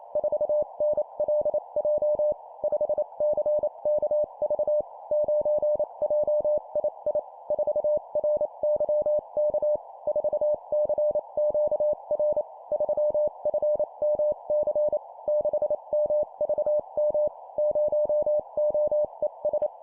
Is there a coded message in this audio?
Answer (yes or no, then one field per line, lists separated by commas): yes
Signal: Morse code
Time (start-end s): 0.2-19.7 s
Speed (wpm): 28 wpm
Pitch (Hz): 600 Hz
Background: none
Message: 4NLJ 5CKV 9JII 4RYK 4CQR 3FMC 6MVM 0OES